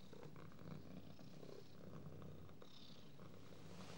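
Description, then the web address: Cat giving a soft, deep purr, evenly pulsing low rumble for the whole few seconds. "The BBC Sound Effects Library - Complete 60 CDs Collection Sound Effects Library (Animals Birds) Cat"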